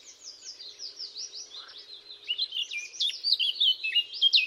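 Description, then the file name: Eurasian blackcap song: a run of soft, downslurred notes leading into a louder, hurried warble of mixed chirps and whistles. "Sylvia atricapilla"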